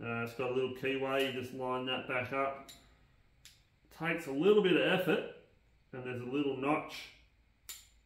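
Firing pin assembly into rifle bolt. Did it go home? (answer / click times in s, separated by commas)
yes / 7.7 s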